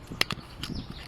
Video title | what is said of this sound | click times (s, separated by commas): Nissan Dualis / Qashqai Tailgate Electronic Lock Fix | click in place so that's locked and this time let's watch | 0.2 s